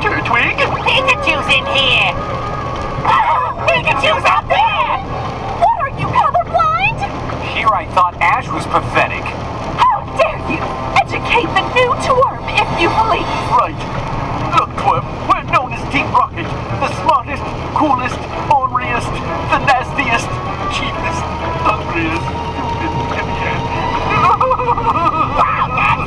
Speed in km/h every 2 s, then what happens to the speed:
89, 89, 89, 89, 89, 89, 89, 89, 89, 89, 91, 94, 98.
0-19 steady at about 89. 19-26 speeds up to 98.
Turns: none.